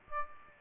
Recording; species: mosquito wingbeat signal from an infrared sensor; Aedes aegypti